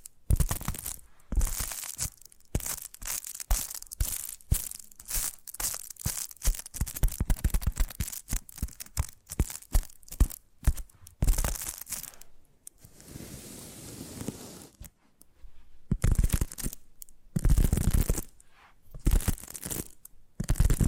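Tapping triggers come in rapid, uneven bursts of sharp, crisp taps, some bright and papery, others with a dull low thud. Around twelve to fifteen seconds the tapping pauses into a softer, continuous rustling, then quick taps resume until the end.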